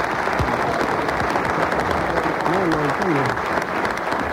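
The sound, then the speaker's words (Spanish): An audience claps loudly and steadily for Tomás Roncero for the whole stretch, a dense wash of many hands, with a voice briefly talking over the applause near the end. “Tomás, coge silla por ahí, hombre, un aplauso para Tomás Roncero.”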